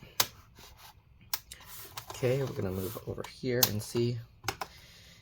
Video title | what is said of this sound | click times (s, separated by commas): HP ENVY x360 m6 Convertible PC m6-aq103dx Disassembly RAM SSD Hard Drive Upgrade Battery LCD Screen | and I do feel a little clicking but it's not really releasing so I don't know | none